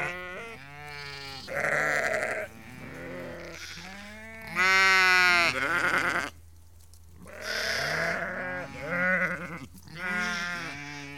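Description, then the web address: Sheep and lambs calling almost continuously, overlapping bleats of differing pitch following one another over a low hum. About 30 to 50 ewes and lambs calling together. "BBC Sound Effects Library (Livestock) About 30-50 Ewes and Lambs Calling"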